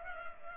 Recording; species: mosquito wingbeat signal from an infrared sensor; Culex pipiens